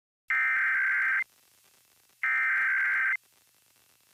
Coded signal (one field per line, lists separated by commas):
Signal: Emergency Alert System (SAME) tones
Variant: header bursts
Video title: Pennsylvania Required Monthly Tests (5/19/22)(EAS 1169-1179)